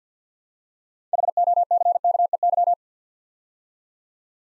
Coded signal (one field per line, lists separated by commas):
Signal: Morse code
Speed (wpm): 50 wpm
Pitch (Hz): 700 Hz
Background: none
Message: HOCKEY